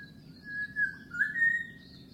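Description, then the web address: Unidentified bird giving a thin whistled call: brief notes, then a dip and a longer rising whistle, over a steady high drone and low rumble. In mangroves; bird species unknown. "Sound Effects-Foundation 1 BIRD UNKNOWN MAGROVES"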